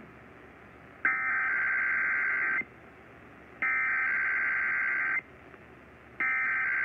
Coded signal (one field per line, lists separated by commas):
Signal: Emergency Alert System (SAME) tones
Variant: header bursts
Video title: Required Weekly Test On KDKA 1020 9/19/21 (EAS #920)